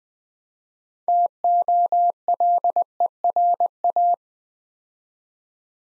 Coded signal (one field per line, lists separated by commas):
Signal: Morse code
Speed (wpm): 20 wpm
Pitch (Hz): 700 Hz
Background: none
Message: TOLERA